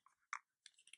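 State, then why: Seated. The snap fastener on the flap of a Case leather Trapper knife sheath is pressed shut, giving a sharp, bright snap at 0.3 s between faint rustling. Crinkly handling noises follow from about 0.65 s, and the closure is seated.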